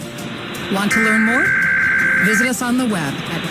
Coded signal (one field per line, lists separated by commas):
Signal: Emergency Alert System (SAME) tones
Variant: header bursts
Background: speech